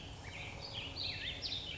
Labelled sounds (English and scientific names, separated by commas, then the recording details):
Black-headed Grosbeak (Pheucticus melanocephalus)
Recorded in Sonoma County, California